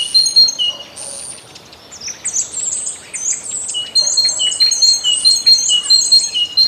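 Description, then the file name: Great tit song: ringing repeated phrases at the start and again in the second half, with other songbirds trilling through the middle. "Bogatka"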